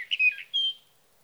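Sage thrasher: songbird giving a short burst of warbled notes followed by one drawn-out whistled note, then silence.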